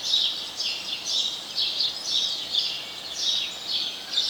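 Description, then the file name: House sparrow giving a steady series of clear chirps over faint background hiss. "Passer domesticus"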